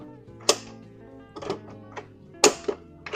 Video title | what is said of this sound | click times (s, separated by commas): Whill Model Ri Mobility Scooter - In Depth Demonstration | going to click into place | 2.4 s